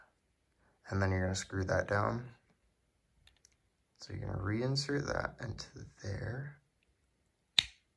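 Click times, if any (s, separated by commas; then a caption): 7.6 s. Someone talks while reinserting the small M.2 retaining piece into its slot inside an Asus Arion M.2 SSD enclosure. After a pause with two faint ticks, a single sharp click at 7.6 seconds marks the piece seating in place.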